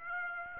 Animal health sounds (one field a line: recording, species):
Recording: mosquito wingbeat signal from an infrared sensor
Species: Aedes aegypti